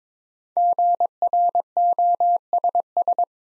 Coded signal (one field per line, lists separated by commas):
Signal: Morse code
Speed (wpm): 22 wpm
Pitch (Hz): 700 Hz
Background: none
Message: GROSS